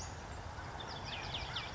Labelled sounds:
Western Flycatcher (Empidonax difficilis)
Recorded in Sonoma County, California

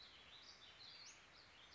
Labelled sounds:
Western Flycatcher (Empidonax difficilis)
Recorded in Sonoma County, California

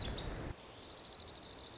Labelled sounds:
Lazuli Bunting (Passerina amoena)
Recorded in Sonoma County, California

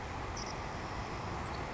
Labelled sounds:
Savannah Sparrow (Passerculus sandwichensis)
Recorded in Sonoma County, California

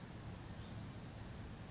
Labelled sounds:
California Towhee (Melozone crissalis)
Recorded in Sonoma County, California

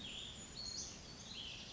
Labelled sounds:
Cassin's Vireo (Vireo cassinii)
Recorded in Sonoma County, California

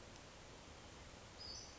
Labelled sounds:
Western Flycatcher (Empidonax difficilis)
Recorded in Sonoma County, California

